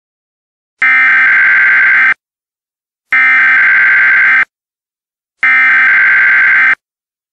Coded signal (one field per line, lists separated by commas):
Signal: Emergency Alert System (SAME) tones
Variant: header bursts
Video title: EAS Scenario: The Genetic Code Part 4